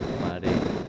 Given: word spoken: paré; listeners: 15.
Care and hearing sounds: one Spanish word in noise, from a listening test; noise modulated by three-talker babble; -6.2 dB; 1 of 15; 6 of 15; 0.49 s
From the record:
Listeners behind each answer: 6, 5, 1, 1, 1, 1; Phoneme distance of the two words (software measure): 7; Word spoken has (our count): 2 syllables, 4 phonemes, stress on syllable 2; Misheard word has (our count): 2 syllables, 5 phonemes, stress on syllable 2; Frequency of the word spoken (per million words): 1.69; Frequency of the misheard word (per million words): 44.55

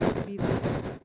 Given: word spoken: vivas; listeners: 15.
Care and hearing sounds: one Spanish word in noise, from a listening test; noise modulated by one talker; -12.4 dB; 1 of 15; 7 of 15; 0.65 s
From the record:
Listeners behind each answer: 7, 2, 1, 1, 1, 1, 1, 1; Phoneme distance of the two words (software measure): 10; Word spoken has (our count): 2 syllables, 5 phonemes, stress on syllable 1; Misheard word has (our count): 2 syllables, 5 phonemes, stress on syllable 1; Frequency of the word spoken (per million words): 13.31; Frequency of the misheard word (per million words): 6.46

